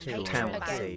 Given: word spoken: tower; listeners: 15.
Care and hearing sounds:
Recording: one English word in noise, from a listening test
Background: four-talker babble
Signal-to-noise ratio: 0.0 dB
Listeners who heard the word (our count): 1 of 15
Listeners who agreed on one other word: 8 of 15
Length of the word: 0.57 s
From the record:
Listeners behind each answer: 8, 1, 1, 1, 1, 1, 1, 1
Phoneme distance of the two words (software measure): 10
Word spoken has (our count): 2 syllables, 3 phonemes, stress on syllable 1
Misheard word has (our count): 1 syllable, 3 phonemes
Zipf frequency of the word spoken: 4.50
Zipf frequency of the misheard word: 5.24

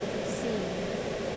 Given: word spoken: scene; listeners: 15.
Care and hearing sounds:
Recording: one English word in noise, from a listening test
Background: speech-shaped noise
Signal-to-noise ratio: -6.7 dB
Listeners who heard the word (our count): 5 of 15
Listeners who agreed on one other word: 7 of 15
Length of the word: 0.97 s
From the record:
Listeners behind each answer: 7, 5, 1, 1, 1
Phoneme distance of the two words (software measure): 10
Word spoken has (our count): 1 syllable, 3 phonemes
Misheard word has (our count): 1 syllable, 3 phonemes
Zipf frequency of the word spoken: 4.85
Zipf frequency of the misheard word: 5.13

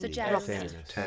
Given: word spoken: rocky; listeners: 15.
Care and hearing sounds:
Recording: one English word in noise, from a listening test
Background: four-talker babble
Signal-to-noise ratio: -2.1 dB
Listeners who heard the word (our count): 1 of 15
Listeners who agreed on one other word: 10 of 15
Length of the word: 0.67 s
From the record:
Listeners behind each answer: 10, 1, 1, 1, 1, 1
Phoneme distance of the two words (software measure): 54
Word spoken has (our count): 2 syllables, 4 phonemes, stress on syllable 1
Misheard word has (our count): 2 syllables, 6 phonemes, stress on syllable 2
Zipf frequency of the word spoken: 3.99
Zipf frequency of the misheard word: 4.63

